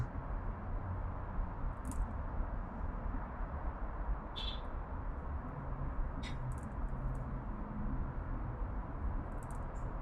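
An urban backyard in Oakland, CA, with a steady low rumble of traffic filling the whole ten seconds. Brief high chirps from birds break through around two, four and a half, six to seven, and nine and a half seconds.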